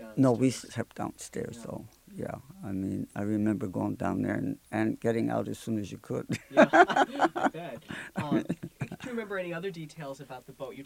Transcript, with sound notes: No, we slept downstairs, though, yeah, I mean, I remember going down there and getting out as soon as you could. (they laugh)
I bet. Do you remember any other details about the boat?